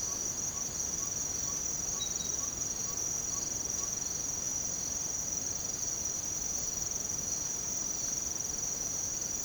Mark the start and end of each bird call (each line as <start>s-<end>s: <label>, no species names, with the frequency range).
0.09s-3.87s: bird call (0.8-1.7 kHz)